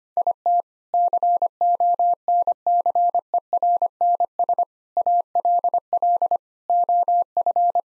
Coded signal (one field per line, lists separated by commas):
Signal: Morse code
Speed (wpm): 25 wpm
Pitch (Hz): 700 Hz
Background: none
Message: IT CONCERNS ALL OF